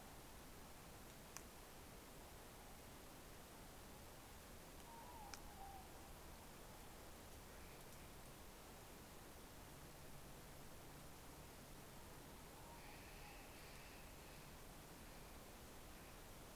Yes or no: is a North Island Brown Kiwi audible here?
no